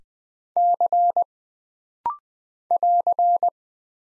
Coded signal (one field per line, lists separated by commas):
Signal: Morse code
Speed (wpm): 20 wpm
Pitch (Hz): 700 Hz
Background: none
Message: C <AR>